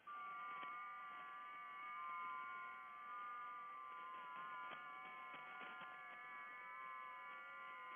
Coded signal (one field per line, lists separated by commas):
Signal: FT8